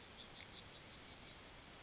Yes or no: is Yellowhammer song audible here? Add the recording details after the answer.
yes. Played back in grassland. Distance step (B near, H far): C. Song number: 138